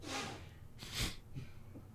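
A single sharp, hissing burst of air near the one-second mark: an adult's sneeze, with breathy noise around it.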